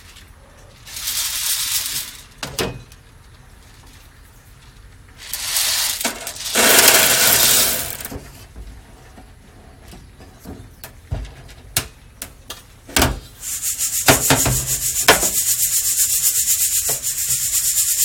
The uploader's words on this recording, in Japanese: 今朝は”グアテマラSHB”を焙煎。